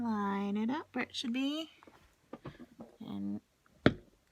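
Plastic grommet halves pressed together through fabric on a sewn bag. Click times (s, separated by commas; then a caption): 3.9 s. Two halves of a plastic snap-in grommet, the spiked half lined up over the fabric, are pressed together by hand through the fabric of a sewn bag while someone talks. A few soft taps and rustles follow. A sharp snap at 3.9 s marks the grommet seating shut.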